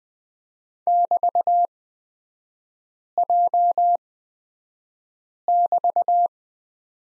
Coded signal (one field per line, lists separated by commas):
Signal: Morse code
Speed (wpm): 20 wpm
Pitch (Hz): 700 Hz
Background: none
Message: <BT>J<BT>